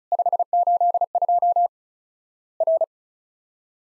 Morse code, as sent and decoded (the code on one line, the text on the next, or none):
..... ---.. ..--- / .-.
582 R